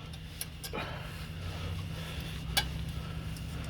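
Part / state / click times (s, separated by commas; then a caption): brake pad clip into caliper bracket / seated / 2.6 s. On a second try, the bottom of a metal brake pad clip is started in the hole of a caliper bracket and pushed home. A softer tick at 0.4 s comes before a sharp metallic click at 2.6 s over a steady low hum. The clip is seated in the bracket.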